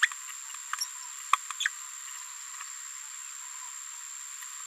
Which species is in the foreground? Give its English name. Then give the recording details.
Green-rumped Parrotlet. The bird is a female. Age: 27 days. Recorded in a nest box in Venezuela. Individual 17B73B2